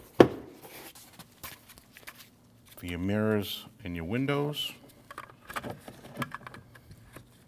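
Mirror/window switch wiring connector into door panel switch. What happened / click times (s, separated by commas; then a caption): The connector is handled but not yet seated / none. Someone talks while handling the mirror and power window switch wiring connector at the front door panel of a 2012-2016 Honda CR-V, getting it ready to plug into the door panel switch. A sharp knock at 0.2 s is followed by faint handling taps and rattles around 1.8–2.0, 5.1–5.2 and 6.2–6.5 s. The connector has not seated or clicked in yet.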